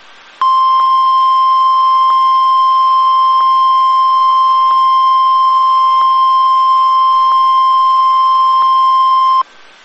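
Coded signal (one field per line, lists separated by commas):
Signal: Emergency Alert System (SAME) tones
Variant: 1050 Hz attention tone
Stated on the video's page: Multiple EAS test alerts.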